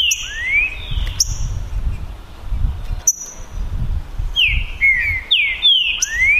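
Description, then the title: Green-winged saltator giving rising and falling whistled notes, a phrase at the start and a quick series near the end, with low rumbling noise throughout. Song contest (disputa) between two trinca-ferros, Naval versus Demolidor, 2022 season; birds calling, singing and 'macheando' in the dispute. "TRINCA Piando, Cantando E Macheando Na DISPUTA. DISPUTA DE TRINCA FERRO NAVAL VS DEMOLIDOR 2022 TEMPORADA 2022"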